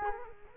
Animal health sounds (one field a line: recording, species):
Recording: mosquito wingbeat signal from an infrared sensor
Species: Culex quinquefasciatus